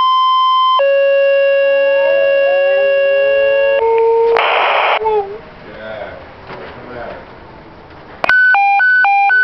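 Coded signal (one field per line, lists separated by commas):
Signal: two-tone page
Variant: Motorola Minitor III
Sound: brief high tone, long lower tone, static burst, faint voice, then warbling alert beeps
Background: radio static, dispatcher voice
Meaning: The tone pair activates the pager, alerting responders to a dispatch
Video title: Minitor 3 alert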